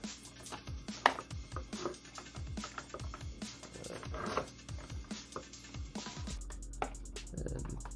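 On a second try, a plastic spool cover from a Vypart AF100 trimmer line replacement pack made for Black and Decker is pressed and knocked onto a string trimmer head, with sharp plastic knocks at about 1.1 s and 6.8 s over steady background music. The cap does not fit and nothing has seated or clicked into place.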